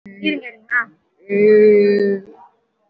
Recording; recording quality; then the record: sustained vowel as in made; excellent, no background noise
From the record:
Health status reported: COVID-19 positive, moderate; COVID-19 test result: positive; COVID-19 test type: RT-PCR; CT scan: taken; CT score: 2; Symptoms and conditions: breathing difficulty, another respiratory illness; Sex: female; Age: 78 years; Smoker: no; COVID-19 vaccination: one dose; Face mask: worn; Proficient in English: no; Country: India